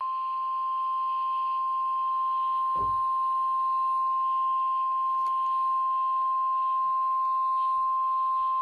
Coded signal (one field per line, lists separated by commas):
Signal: Emergency Alert System (SAME) tones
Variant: 1050 Hz attention tone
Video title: RWT INSANITY!!| EAS #33-40| Required Weekly Test| KXI76, KXI89, WXJ31, KEC80, WXM32